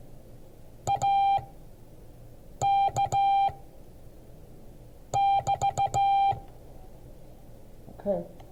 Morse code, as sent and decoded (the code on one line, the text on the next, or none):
.- -.- -...-
AK<BT>